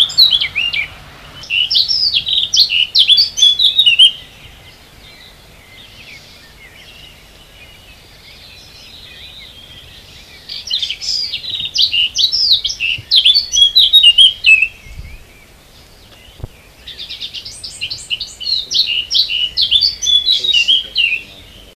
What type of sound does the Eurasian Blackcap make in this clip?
song